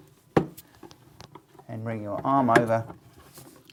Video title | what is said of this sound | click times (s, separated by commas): Cooke & Lewis 600 Bridging Unit and Lay On Door Assembly | push the bottom on until it clicks | 0.4 s